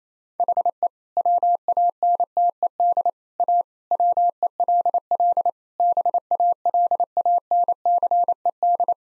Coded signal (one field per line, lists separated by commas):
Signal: Morse code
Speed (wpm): 28 wpm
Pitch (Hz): 700 Hz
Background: none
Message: HE WANTED A WELL BALANCED